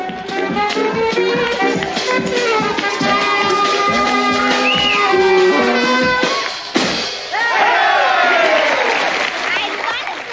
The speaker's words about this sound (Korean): 다시 서커스 공연장입니다. 환호하는 아이들 틈에 다미엘이 끼어 있습니다.